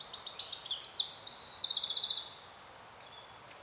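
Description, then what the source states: Bird song, a rapid run of high, sweet chirps and trills repeated in quick succession, several notes sliding slightly, fading out near the end. Soundscape.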